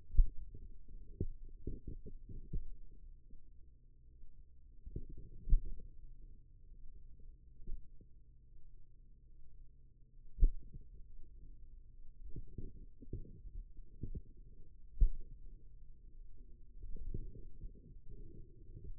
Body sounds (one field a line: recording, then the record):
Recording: forearm muscle sounds (acoustic myography)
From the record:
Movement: finger pinch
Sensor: system 2, bracelet of six BSWA MPA416 microphones around the upper forearm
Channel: 3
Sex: male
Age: 22 years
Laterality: right